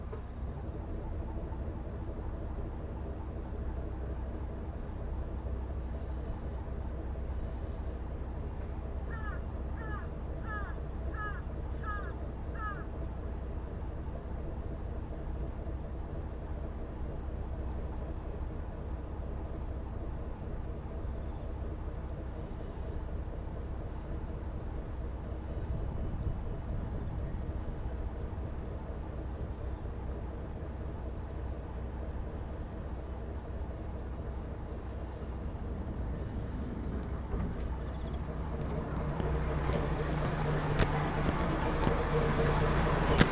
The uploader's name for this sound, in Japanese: 樽見鉄道 モレラ岐阜→樽見